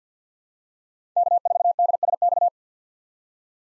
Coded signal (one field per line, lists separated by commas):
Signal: Morse code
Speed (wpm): 50 wpm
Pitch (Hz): 700 Hz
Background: none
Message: K4DSX